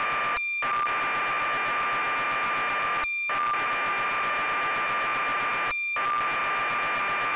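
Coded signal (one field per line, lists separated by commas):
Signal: computer data on cassette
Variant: BBC Micro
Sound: continuous harsh warbling data hiss with high tones, broken by three short pauses between blocks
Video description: Tape loading sequence of Sabre Wulf by Ultimate Play The Game on the BBC Micro computer. Captured from BeeBEm emulator.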